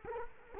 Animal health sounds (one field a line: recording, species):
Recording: mosquito wingbeat signal from an infrared sensor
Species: Culex quinquefasciatus